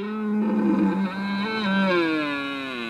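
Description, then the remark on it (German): A deep, drawn-out bellow from a red deer stag, one continuous groaning roar lasting about three seconds, rich in harmonics, loud throughout and rising slightly in pitch toward the end. “Vom röhrenden Hirsch über den ratschlagenden Pfau bis zum quakenden Frosch.”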